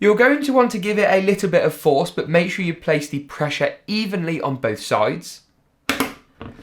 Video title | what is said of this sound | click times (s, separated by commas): Epic $700 Gaming PC Build 2019! [GTX 1660 Build w/Benchmarks! ] | you'll hear that satisfying click sound | 5.9 s